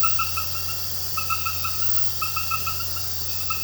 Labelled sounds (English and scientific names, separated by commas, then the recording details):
none
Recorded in pastures near Puerto Asís, Putumayo, Colombia, on 12 March 2025 at 21:00
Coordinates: 0.466, -76.322
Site CSA-02